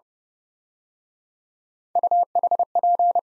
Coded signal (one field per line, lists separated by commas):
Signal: Morse code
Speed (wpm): 28 wpm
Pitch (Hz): 700 Hz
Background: none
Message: UHP